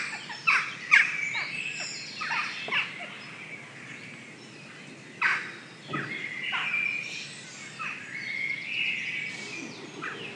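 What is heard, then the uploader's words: A dawn chorus of many birds calling over one another, with bright chirps and short trills clustered near one and five to six seconds. Softer song fills the gaps, over a low steady outdoor hum. Stroud dawn chorus. Just pure bird sound. Dawn chorus in Stroud recorded by Mike Bingham.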